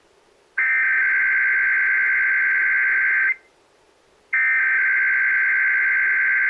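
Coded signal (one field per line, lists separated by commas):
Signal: Emergency Alert System (SAME) tones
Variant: header bursts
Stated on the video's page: Required Monthly Test on an FM broadcast station.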